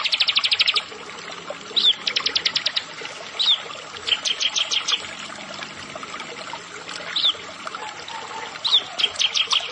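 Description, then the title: Prinia song: rapid high, clicking trill bursts and spaced sharp notes, interspersed with brief upslurred chirps. "Ciblek Sawah"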